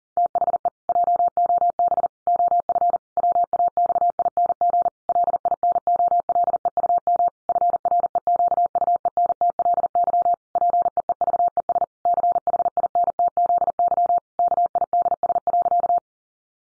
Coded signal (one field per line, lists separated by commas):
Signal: Morse code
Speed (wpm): 40 wpm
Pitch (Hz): 700 Hz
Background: none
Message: THE JOB OF WAXING LINOLEUM FREQUENTLY PEEVES CHINTZY KIDS.